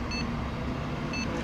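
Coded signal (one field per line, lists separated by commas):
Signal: beep code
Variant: accessible locator tone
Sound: two short high beeps one second apart over steady street rumble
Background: traffic noise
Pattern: 2 short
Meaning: Guides visually impaired passengers to the button for audible bus schedules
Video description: it's to guide vision impaired passengers where to press the button to hear audible bus schedules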